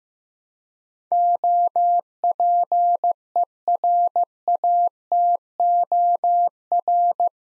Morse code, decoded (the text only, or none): OPERATOR